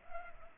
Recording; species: mosquito wingbeat signal from an infrared sensor; Culex pipiens